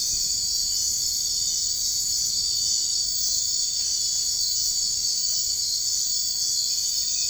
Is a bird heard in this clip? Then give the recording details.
no. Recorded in dense forest near Puerto Asís, Putumayo, Colombia, on 21 March 2025 at 03:00. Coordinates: 0.485, -76.318. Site G056